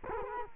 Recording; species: mosquito wingbeat signal from an infrared sensor; Culex quinquefasciatus